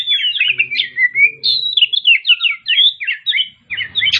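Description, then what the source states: Oriental magpie-robin song: a fast, continuous stream of warbled, slurred whistles rising and falling, with a brief pause near the end. Kacer Tretes, described as gacor (singing vigorously).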